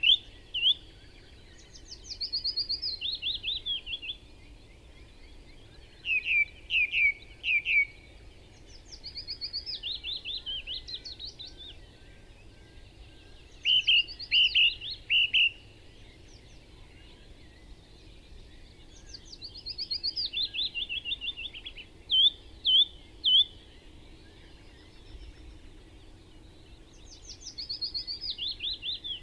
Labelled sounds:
Song Thrush song

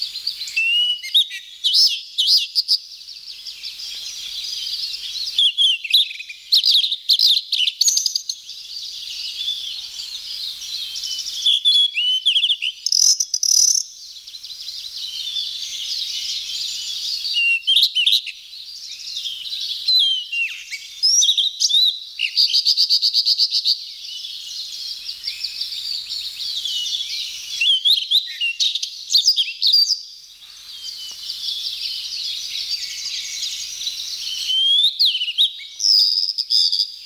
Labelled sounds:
Blue-and-white Flycatcher song

